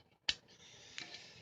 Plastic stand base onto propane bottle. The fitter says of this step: now it's on it's not coming off snaps in place